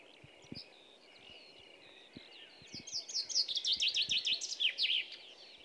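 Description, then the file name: Common chaffinch song, a fast series of repeated high notes ending in a flourish, after about three seconds of soft background noise. "Fringilla coelebs"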